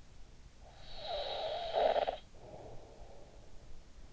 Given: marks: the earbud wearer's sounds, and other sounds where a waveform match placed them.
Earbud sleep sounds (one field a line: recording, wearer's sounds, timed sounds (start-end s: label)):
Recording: sounds in sleep by an in-ear microphone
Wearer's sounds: snoring breath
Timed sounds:
0.69-3.83 s: snoring breath